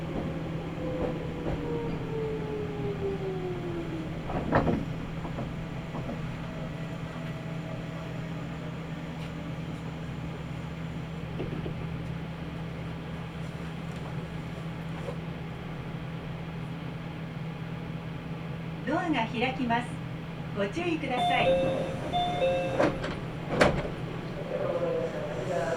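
A steady low drone runs through a Nagoya Railroad Mikawa Line train ride, with a bump near five seconds and clattering, squealing sounds after nineteen seconds.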